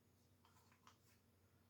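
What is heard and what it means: A small plastic flip cap on the top of a soft running flask is popped open so the flask can be refilled. A single sharp click is heard at 0.9 seconds over low background hum, and the cap comes open.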